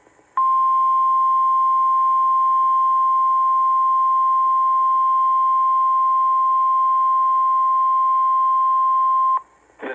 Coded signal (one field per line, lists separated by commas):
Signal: Emergency Alert System (SAME) tones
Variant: 1050 Hz attention tone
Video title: EAS #1,342-1,343 (DOUBLE-HEADER) Online NWR SMW/SVR (Both from MKX) 5/21/24 9:10 PM CDT